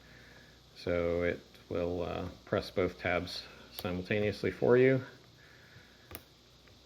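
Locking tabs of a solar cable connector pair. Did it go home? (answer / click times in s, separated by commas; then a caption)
released / 6.1 s. Someone talks while a plastic release tool is fitted over a solar MC4 cable connector pair to press both locking tabs at once. A sharp click sounds at 6.2 s as the connector latch releases, followed by a fainter tap.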